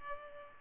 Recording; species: mosquito wingbeat signal from an infrared sensor; Culex pipiens